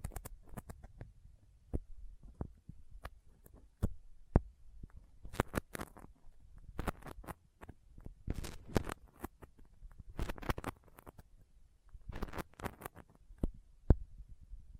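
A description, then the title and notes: Sticky fingers make sharp, wet tacky clicks and peeling snaps as they press together and pull apart. The pops come in irregular bursts and clusters, some very crisp and bright, with brief pauses between them and a low thudding rumble beneath. ASMR Intense Sticky Finger Sounds (No Talking).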